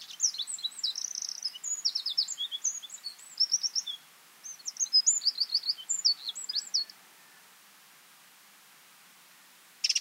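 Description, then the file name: Eurasian wren song: a long stream of rapid, high, rattling trills and twittering notes, then quiet, with a short burst of high notes at the very end. "Troglodytes troglodytes"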